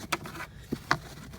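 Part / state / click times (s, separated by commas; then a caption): plastic seat track trim cover onto car seat track / seated / 0.1 s, 0.9 s. While reinstalling the front seats of a 2005–2009 Ford Mustang, plastic trim covers are pressed back onto the seat track mounts and snap into place. Two sharp snaps ring out at 0.1 s and 0.9 s, with a duller low knock just before the second. Both covers are seated.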